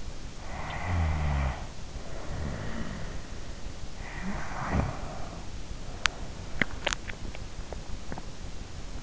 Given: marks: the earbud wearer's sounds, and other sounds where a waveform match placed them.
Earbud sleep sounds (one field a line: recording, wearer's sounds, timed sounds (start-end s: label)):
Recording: sounds in sleep by an in-ear microphone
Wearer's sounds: snoring breath, teeth grinding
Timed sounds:
0.59-3.52 s: snoring breath
3.90-5.53 s: snoring breath
6.24-9.03 s: teeth grinding